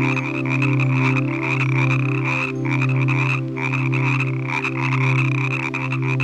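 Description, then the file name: Rattling frog croaks in a dense chorus, with a sustained high trill that briefly drops out and a low steady drone. Evening frog chorus from a relaxing nature sounds collection. "Relaxing Nature Sounds Collection - Evening with Frog Music"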